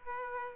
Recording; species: mosquito wingbeat signal from an infrared sensor; Aedes aegypti